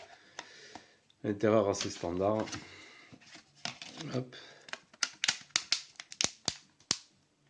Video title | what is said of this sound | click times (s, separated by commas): Ulefone Be Pure Lite Test/Review en français | referme ça ici. Ça se clipse plutôt pas mal. | 5.0 s, 5.2 s, 5.6 s, 5.7 s, 6.2 s, 6.9 s